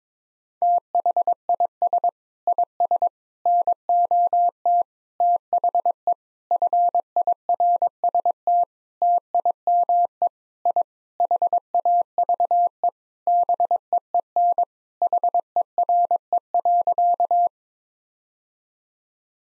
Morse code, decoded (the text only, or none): THIS IS NOT THE FIRST TIME I HAVE BEEN HERE.